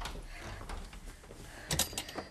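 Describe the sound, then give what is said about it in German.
A door opens and shuts over a faint, hissy background, with a sharp clatter and clunk near the end as it bangs closed. “Durch die Türe.”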